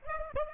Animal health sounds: mosquito wingbeat signal from an infrared sensor; Aedes aegypti

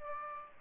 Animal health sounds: mosquito wingbeat signal from an infrared sensor; Aedes aegypti

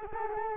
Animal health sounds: mosquito wingbeat signal from an infrared sensor; Culex quinquefasciatus

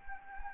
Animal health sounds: mosquito wingbeat signal from an infrared sensor; Anopheles gambiae

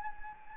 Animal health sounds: mosquito wingbeat signal from an infrared sensor; Anopheles gambiae

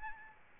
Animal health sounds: mosquito wingbeat signal from an infrared sensor; Aedes albopictus

